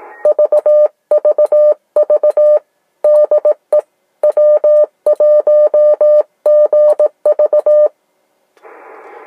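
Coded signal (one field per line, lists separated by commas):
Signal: Morse code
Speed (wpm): 18 wpm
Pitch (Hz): 590 Hz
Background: radio noise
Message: VVV DE W1GV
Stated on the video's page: Ham radio transmission using a Yaesu ATAS antenna and a Palstar transmatch.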